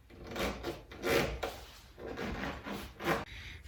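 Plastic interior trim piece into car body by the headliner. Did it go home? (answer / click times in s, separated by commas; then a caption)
yes / 1.4 s. A plastic interior trim piece is pressed back into the car body by the headliner during headliner reinstallation on a 300ZX Turbo. Rubbing and scraping bursts of plastic being worked into place lead to a sharp snap at 1.4 s. The trim piece seats firmly in place.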